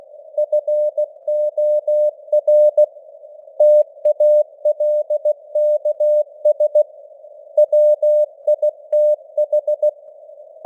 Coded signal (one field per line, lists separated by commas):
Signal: Morse code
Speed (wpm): 16 wpm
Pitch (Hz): 600 Hz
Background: none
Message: FOR TALKS WITH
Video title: Morse Code News | 2025-12-13 | 16wpm